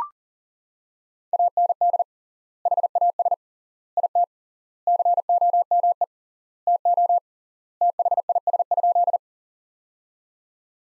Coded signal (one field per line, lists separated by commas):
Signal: Morse code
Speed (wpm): 39 wpm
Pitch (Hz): 700 Hz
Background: none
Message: AND HAS IT COME TO THIS?